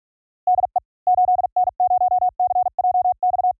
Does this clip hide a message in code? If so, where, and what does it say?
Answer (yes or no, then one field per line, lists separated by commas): yes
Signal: Morse code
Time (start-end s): 0.5-3.5 s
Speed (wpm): 44 wpm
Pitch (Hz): 730 Hz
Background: none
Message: DE 8N0CJX